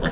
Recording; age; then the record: pig call; piglet (1 to 25 days)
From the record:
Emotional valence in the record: positive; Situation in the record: reunion after long isolation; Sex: female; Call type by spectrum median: low-frequency call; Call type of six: low-frequency tonal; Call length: 0.12 s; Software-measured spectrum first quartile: 226 Hz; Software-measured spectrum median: 655 Hz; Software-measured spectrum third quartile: 2027 Hz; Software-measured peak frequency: 33 Hz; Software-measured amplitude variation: 103 dB a second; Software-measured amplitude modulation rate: 12.4 a second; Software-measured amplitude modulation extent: 8.4 dB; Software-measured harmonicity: 2.4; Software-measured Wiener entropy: -1.43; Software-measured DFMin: 1061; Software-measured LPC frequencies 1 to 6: 474, 1399, 1741, 3071, 3482, 4599 Hz